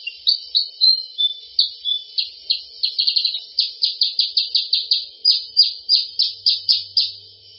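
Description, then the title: Sooty-headed bulbul calling in a fast run of short, high chirping notes, about three per second, sometimes bunched together. "Suara Burung Kutilang"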